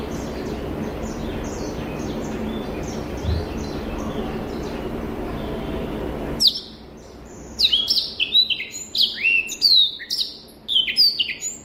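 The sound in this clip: Rüppell's warbler song: faint scratchy notes at first, then a loud, fast sequence of rasping chatter and short sharp whistles over the last five seconds.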